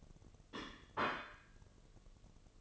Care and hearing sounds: daily activity, microphone in the room; place plate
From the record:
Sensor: 4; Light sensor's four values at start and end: 5/12/4/4 and 5/12/4/4

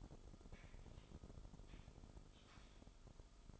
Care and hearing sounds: daily activity, microphone in the room; typing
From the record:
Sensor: 5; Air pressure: 988.8 hPa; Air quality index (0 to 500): 235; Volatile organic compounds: 193 ppm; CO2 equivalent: 4189 ppm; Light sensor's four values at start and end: 39/124/48/51 and 39/124/48/51

